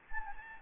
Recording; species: mosquito wingbeat signal from an infrared sensor; Anopheles gambiae